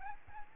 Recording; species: mosquito wingbeat signal from an infrared sensor; Aedes albopictus